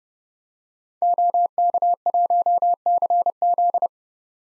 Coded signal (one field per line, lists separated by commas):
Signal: Morse code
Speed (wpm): 31 wpm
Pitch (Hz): 700 Hz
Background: none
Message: OK1CZ